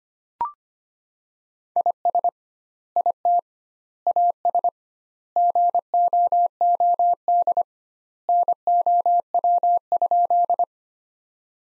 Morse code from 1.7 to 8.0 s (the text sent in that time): IS IT AS GOOD